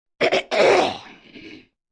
Cough Clearing.